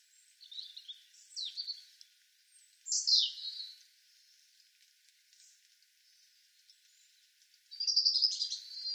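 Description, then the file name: European robin singing brief, high, wavering phrases, then a louder burst, then a bright jangling phrase after a pause. "Erithacus rubecula"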